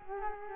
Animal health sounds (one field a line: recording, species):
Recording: mosquito wingbeat signal from an infrared sensor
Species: Culex quinquefasciatus